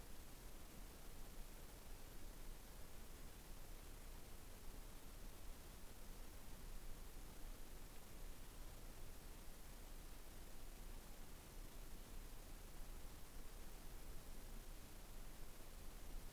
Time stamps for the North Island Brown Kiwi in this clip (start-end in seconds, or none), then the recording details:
none. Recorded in New Zealand on 15 November 2013. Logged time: 00:43. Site BV22